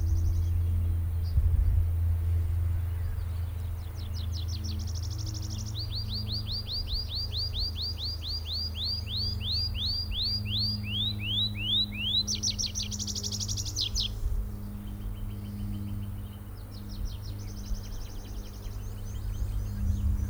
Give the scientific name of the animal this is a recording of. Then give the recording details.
Anthus trivialis. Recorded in the wild. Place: Karower Teiche, Naturpark Barnim, Berlin, DE. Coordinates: 52.62, 13.46. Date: 1996-05-19 12:21. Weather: sonnig, 24°C. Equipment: Sony MD-WM MZ-R3, Sennheiser MKH 416 T, Kopie Uher 4000 Report Monitor. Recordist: Tembrock, Günter